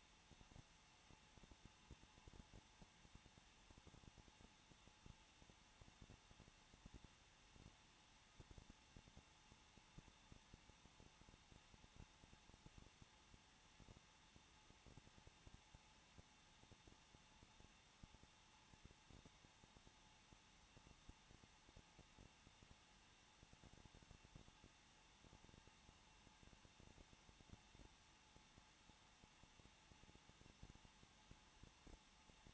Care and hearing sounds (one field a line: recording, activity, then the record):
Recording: daily activity, microphone in the room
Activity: no activity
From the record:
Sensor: 1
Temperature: 20.1 degrees Celsius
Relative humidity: 39.4%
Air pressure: 1006.3 hPa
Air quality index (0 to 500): 219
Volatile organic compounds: 82 ppm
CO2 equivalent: 3624 ppm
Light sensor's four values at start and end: 1/2/1/1 and 1/2/1/1